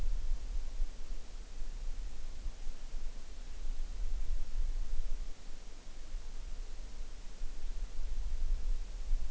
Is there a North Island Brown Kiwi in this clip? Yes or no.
no